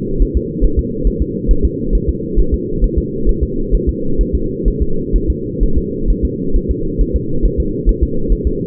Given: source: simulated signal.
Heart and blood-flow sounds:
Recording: fetal heart sounds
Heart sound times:
0.22 s: S1
0.37 s: S2
0.64 s: S1
0.79 s: S2
1.07 s: S1
1.22 s: S2
1.51 s: S1
1.65 s: S2
1.95 s: S1
2.09 s: S2
2.39 s: S1
2.54 s: S2
2.84 s: S1
2.98 s: S2
3.29 s: S1
3.43 s: S2
3.75 s: S1
3.89 s: S2
4.21 s: S1
4.35 s: S2
4.68 s: S1
4.82 s: S2
5.16 s: S1
5.30 s: S2
5.63 s: S1
5.78 s: S2
6.10 s: S1
6.25 s: S2
6.56 s: S1
6.71 s: S2
7.01 s: S1
7.16 s: S2
7.45 s: S1
7.60 s: S2
7.89 s: S1
8.03 s: S2
8.32 s: S1
8.47 s: S2
From the record:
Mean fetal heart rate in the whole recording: 135 bpm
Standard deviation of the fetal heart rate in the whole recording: 3 bpm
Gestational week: 36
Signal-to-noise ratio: -8.1 dB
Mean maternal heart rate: 72 bpm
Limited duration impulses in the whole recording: absent

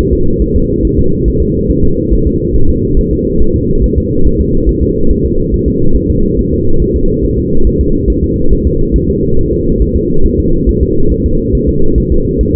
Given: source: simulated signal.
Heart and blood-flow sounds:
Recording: fetal heart sounds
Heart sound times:
0.13 s: S2
0.42 s: S1
0.56 s: S2
0.85 s: S1
0.99 s: S2
1.28 s: S1
1.42 s: S2
1.70 s: S1
1.84 s: S2
2.13 s: S1
2.27 s: S2
2.56 s: S1
2.70 s: S2
2.99 s: S1
3.13 s: S2
3.42 s: S1
3.56 s: S2
3.84 s: S1
3.98 s: S2
4.27 s: S1
4.41 s: S2
4.69 s: S1
4.83 s: S2
5.11 s: S1
5.25 s: S2
5.54 s: S1
5.68 s: S2
5.96 s: S1
6.10 s: S2
6.39 s: S1
6.53 s: S2
6.82 s: S1
6.96 s: S2
7.25 s: S1
7.39 s: S2
7.67 s: S1
7.81 s: S2
8.10 s: S1
8.24 s: S2
8.53 s: S1
8.67 s: S2
8.96 s: S1
9.10 s: S2
9.39 s: S1
9.53 s: S2
9.82 s: S1
9.96 s: S2
10.26 s: S1
10.40 s: S2
10.69 s: S1
10.83 s: S2
11.12 s: S1
11.26 s: S2
11.55 s: S1
11.69 s: S2
11.98 s: S1
12.12 s: S2
12.41 s: S1
12.55 s: S2
From the record:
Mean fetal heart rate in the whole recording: 140 bpm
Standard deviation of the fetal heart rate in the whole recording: 2 bpm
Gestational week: 34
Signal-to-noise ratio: -19.1 dB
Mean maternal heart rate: 72 bpm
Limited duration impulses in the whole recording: present

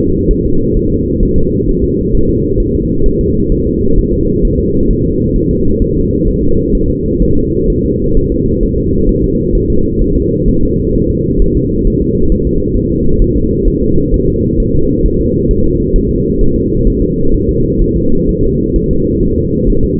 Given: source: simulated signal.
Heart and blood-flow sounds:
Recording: fetal heart sounds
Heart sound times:
0.31 s: S1
0.45 s: S2
0.77 s: S1
0.92 s: S2
1.23 s: S1
1.38 s: S2
1.69 s: S1
1.84 s: S2
2.14 s: S1
2.29 s: S2
2.60 s: S1
2.75 s: S2
3.06 s: S1
3.21 s: S2
3.52 s: S1
3.67 s: S2
3.99 s: S1
4.13 s: S2
4.45 s: S1
4.60 s: S2
4.91 s: S1
5.05 s: S2
5.36 s: S1
5.51 s: S2
5.82 s: S1
5.97 s: S2
6.28 s: S1
6.43 s: S2
6.75 s: S1
6.90 s: S2
7.22 s: S1
7.37 s: S2
7.70 s: S1
7.85 s: S2
8.17 s: S1
8.32 s: S2
8.63 s: S1
8.78 s: S2
9.09 s: S1
9.24 s: S2
9.55 s: S1
9.70 s: S2
10.01 s: S1
10.16 s: S2
10.48 s: S1
10.63 s: S2
10.95 s: S1
11.10 s: S2
11.42 s: S1
11.57 s: S2
11.87 s: S1
12.02 s: S2
12.32 s: S1
12.47 s: S2
12.77 s: S1
12.92 s: S2
13.22 s: S1
13.37 s: S2
13.68 s: S1
13.82 s: S2
14.14 s: S1
14.28 s: S2
14.60 s: S1
14.75 s: S2
15.06 s: S1
15.21 s: S2
15.51 s: S1
15.66 s: S2
15.96 s: S1
16.11 s: S2
16.41 s: S1
16.56 s: S2
16.87 s: S1
17.02 s: S2
17.34 s: S1
17.49 s: S2
17.82 s: S1
17.96 s: S2
18.29 s: S1
18.44 s: S2
18.76 s: S1
18.91 s: S2
19.23 s: S1
19.38 s: S2
19.70 s: S1
19.84 s: S2
From the record:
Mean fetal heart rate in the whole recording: 130 bpm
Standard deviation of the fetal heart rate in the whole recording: 4 bpm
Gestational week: 38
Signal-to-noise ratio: -16.4 dB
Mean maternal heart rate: 72 bpm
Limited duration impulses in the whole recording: present

